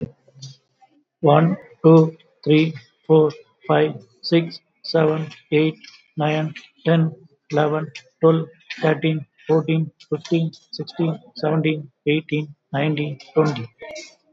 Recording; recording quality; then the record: counting at a normal pace; excellent, no background noise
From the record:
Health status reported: COVID-19 positive, mild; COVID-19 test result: positive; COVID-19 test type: RT-PCR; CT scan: not taken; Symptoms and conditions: sore throat, hypertension, diabetes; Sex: male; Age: 50 years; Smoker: no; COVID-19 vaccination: both doses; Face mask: not worn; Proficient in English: yes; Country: India